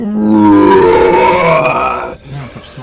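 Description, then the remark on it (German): A loud, thundering bear roar, let out as a fist strikes its snout, rumbles for about two seconds with a rough, throaty tone that slowly falls in pitch, then trails off into a few short, lower growls. “Sobald mehr oder weniger deine Faust die Schnauze dieses Bären berührt, hörst du ein unfassbar donnerndes Brüllen.”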